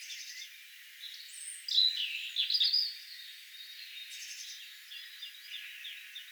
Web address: 6 5 2025 tuolla tavoin laulava punarinta